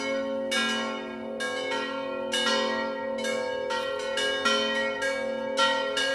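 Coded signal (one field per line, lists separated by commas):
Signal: bell signal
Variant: distesa swinging ringing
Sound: several church bells swinging and ringing continuously in overlapping strikes, rich resonant tones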